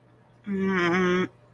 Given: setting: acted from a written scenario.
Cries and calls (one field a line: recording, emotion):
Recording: vocal sound without words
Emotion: anger